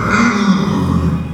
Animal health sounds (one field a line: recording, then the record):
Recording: squeal of a Yucatan mini pig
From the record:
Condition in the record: after surgery on the right vocal fold (resection and tissue-engineered implant)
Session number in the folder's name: 15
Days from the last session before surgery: 175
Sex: female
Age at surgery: 19 weeks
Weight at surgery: 25 kg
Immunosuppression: prednisolone